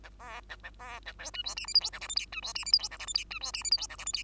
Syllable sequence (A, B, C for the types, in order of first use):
A B A A B A C D E F G H I J K L M D E F G H I J K L M D E F G H I J K L M